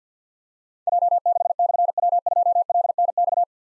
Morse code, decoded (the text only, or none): J6/W2LNX